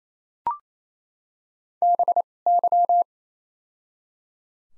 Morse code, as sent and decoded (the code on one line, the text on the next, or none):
-... / -.--
B Y